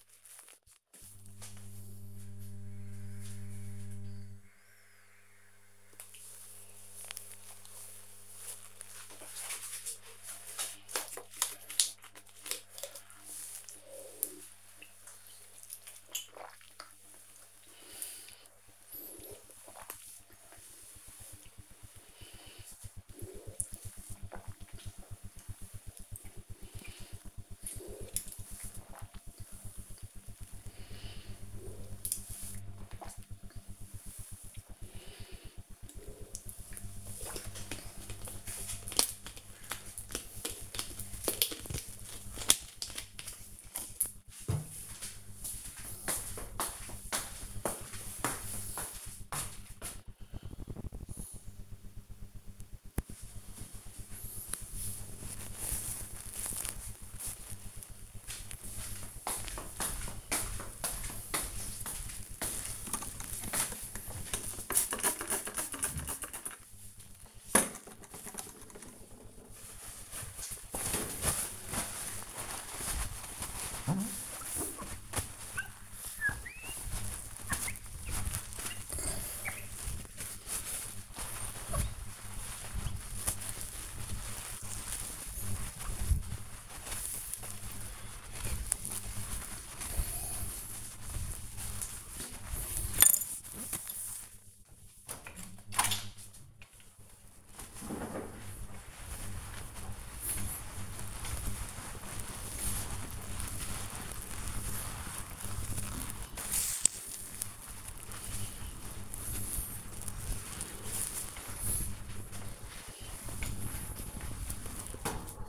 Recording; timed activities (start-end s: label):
household activities, microphone on the right wrist
11.55-36.71 s: drinking
62.89-115.49 s: window cleaning